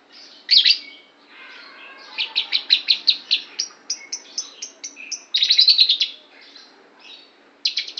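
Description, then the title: Lovebird song of sharp high chirps, given in short bursts and a quick run of clipped notes, then a dense buzzy flurry and a final burst. Lovebird imitating the song of the Javan prinia, locally called ciblek. "Lovebird Suara Ciblek"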